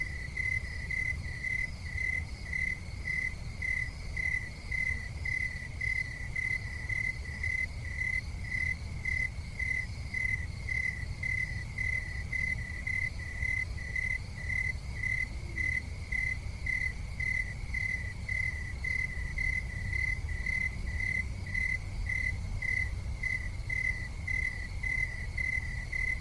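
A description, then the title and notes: Crickets chirp steadily throughout, a bright, rapid pulsing that holds an even rhythm without pause. Underneath lies a constant low rumble, like distant traffic from cars, with no single vehicle standing out as it passes. Crickets and Cars.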